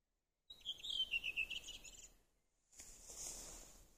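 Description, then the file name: Redwing song: a short run of clear, fluty notes stepping down in pitch, followed after a brief pause by a high, scratchy twittering phrase. "punakylkirastas"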